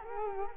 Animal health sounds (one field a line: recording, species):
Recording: mosquito wingbeat signal from an infrared sensor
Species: Culex quinquefasciatus